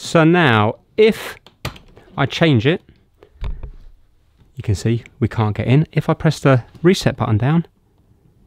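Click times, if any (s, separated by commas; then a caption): none. Someone talks while pressing the reset button on the combination lock of a John Lewis Girona suitcase with the wrong code set, and a few faint, brief knocks are heard around 3.2 to 3.6 seconds. The button will not go down, and nothing has clicked yet.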